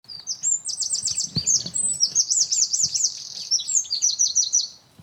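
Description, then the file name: Eurasian wren singing a fast, very high trilling song of rapid repeated notes in several bursts, with faint low rustling below. "Troglodytes troglodytes"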